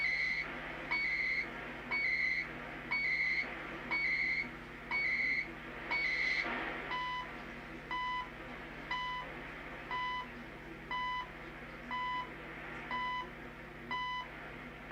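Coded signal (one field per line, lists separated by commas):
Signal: radio time signal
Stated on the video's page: Live shortwave radio stream.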